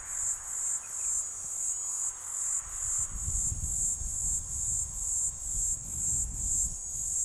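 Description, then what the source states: Cicada (Platypleura divisa): steady pulsing cicada buzz, high and shrill, repeating about twice a second, with low rumbling noise in the second half. Recorded 13 December, just past Piet Retief.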